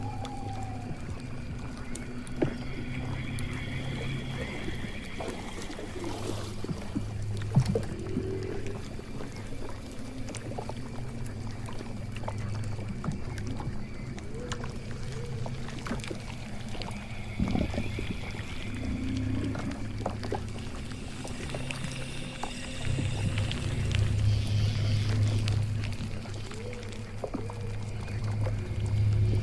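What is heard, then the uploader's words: Swamp ambience with a steady low hum running throughout, layered with scattered clicks, taps and brief trickling sounds. Short tonal calls and chirps appear now and then, and the texture thickens and grows slightly louder around 22 to 27 seconds before easing. Witch's swamp house asmr Ambience. Swamp ambience.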